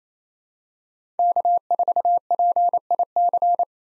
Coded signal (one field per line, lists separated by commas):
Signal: Morse code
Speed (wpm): 27 wpm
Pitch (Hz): 700 Hz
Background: none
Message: K4PIC